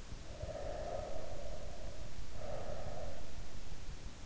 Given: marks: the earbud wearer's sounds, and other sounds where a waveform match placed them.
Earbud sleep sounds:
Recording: sounds in sleep by an in-ear microphone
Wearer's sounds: breath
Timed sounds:
0.26-3.20 s: breath

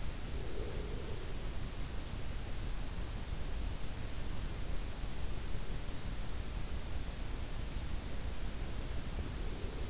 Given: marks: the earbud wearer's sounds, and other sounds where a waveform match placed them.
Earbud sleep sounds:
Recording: sounds in sleep by an in-ear microphone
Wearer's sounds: breath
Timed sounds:
0.00-1.51 s: breath

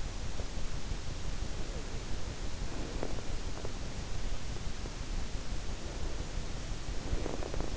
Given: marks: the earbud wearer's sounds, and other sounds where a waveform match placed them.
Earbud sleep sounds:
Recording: sounds in sleep by an in-ear microphone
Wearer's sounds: breath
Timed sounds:
1.43-3.34 s: breath
5.90-7.77 s: breath

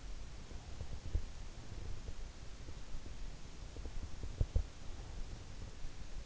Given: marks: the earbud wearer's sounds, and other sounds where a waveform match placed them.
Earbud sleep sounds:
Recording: sounds in sleep by an in-ear microphone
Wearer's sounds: breath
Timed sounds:
0.42-2.30 s: breath
4.19-6.04 s: breath

